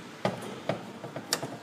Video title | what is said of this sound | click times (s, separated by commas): 2003-2011 Ford Crown Vic & Mercury Grand Marquis A/C Accumulator Replacement | and then they'll slide right in and slide them all the way in wiggle them until you hear a click | 1.3 s